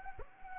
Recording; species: mosquito wingbeat signal from an infrared sensor; Anopheles gambiae